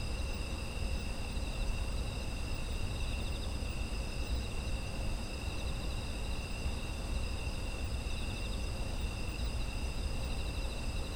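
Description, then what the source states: Insects trilling nonstop in overlapping high-pitched bands, a few with a wavering pulse, above a low droning rumble. Autumn insect ambience.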